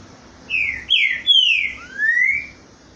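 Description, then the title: Green-winged Saltator song: four loud, clear whistled phrases, the first three slurring downward, the last longer and rising gently, over faint low hiss. Boiadeiro song type; recording used to warm up captive trinca-ferro. "TRINCA FERRO CANTANDO BOIADEIRO - ESQUENTAR TRINCA FERRO"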